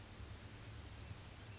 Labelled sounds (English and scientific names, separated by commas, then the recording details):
Blue-gray Gnatcatcher (Polioptila caerulea)
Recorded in Sonoma County, California